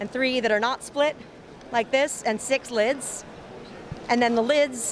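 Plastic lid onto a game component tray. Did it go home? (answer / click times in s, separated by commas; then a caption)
no / none. A plastic lid is being handled near a board-game component tray it is meant to snap onto, while someone talks throughout. No snap is heard, and nothing has seated or clicked yet by the end of the clip.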